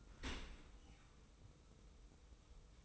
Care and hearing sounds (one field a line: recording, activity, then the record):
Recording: daily activity, microphone in the room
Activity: open dishwasher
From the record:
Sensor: 1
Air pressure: 990.4 hPa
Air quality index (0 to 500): 176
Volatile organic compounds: 1000 ppm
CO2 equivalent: 6465 ppm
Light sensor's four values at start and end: 24/55/23/25 and 24/55/23/25